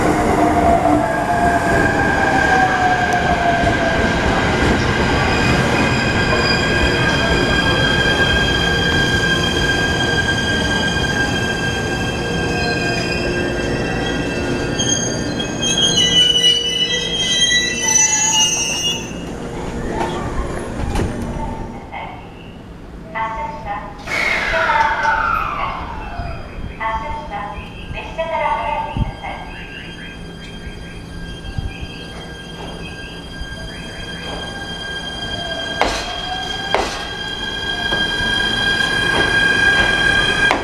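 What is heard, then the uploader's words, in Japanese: A JR East E129 series train runs with a dense, loud rumble and several steady whining motor tones for the first twenty seconds. Around 22 seconds the noise drops; a falling squeal and scattered clicks follow, and a rising whine returns near 36 seconds. RailSim SoundSim JR東日本E129系編。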